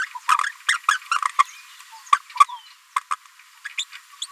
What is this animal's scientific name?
Forpus passerinus